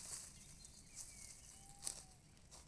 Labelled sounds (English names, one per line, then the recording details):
Tawny Owl
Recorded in Germany
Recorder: ecoPi